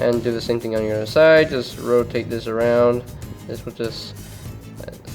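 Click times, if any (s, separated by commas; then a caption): 4.9 s. A leg section of a plastic transforming toy figure is rotated around, and its small tab is pushed into its slot on the body while someone talks over music. A short click at 4.8 s marks the tab seating into place.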